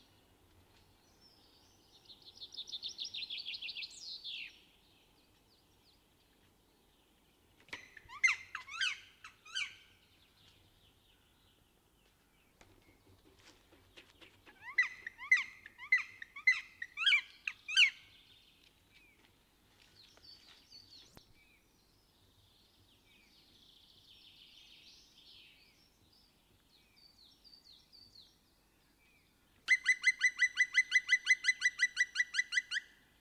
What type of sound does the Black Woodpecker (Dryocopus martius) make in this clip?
call